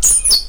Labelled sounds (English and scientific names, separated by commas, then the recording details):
Stitchbird (Notiomystis cincta) song
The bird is a male
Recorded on Tiritiri Matangi Island, New Zealand, in 2005
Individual 10, of nest box 12